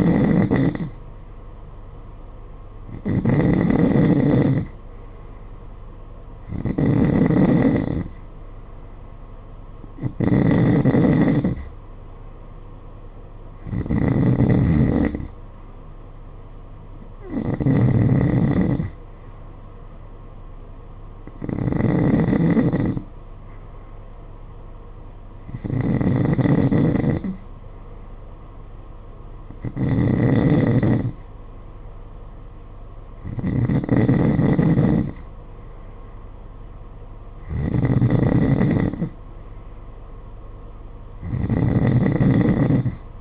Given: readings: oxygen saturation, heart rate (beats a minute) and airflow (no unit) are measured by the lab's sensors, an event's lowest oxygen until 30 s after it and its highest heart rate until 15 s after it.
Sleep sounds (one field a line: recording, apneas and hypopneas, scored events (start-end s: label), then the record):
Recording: breathing in sleep by a smartphone at the bedside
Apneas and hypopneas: none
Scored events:
none scored
From the record:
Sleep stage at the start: N3 (deep sleep)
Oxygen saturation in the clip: 91 to 93%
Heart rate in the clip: 51 to 59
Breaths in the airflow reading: 12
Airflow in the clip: -8.7 to 8.6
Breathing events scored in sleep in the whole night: 476 in 9.7 hours asleep